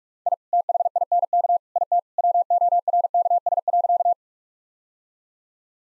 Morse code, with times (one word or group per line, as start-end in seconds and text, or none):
0.3-0.3 I
0.5-1.6 THINK
1.8-2.0 IT
2.2-4.1 WORKS.